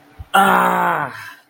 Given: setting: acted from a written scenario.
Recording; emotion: vocal sound without words; pain